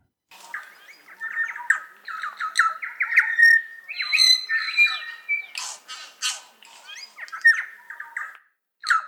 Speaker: I was completely enthralled by the wacky electronic cacophony of the New Zealand bellbird, imagining myself transported back in time with moas and giant eagles